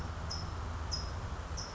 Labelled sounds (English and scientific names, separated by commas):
California Towhee (Melozone crissalis)